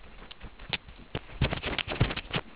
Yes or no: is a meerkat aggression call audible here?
no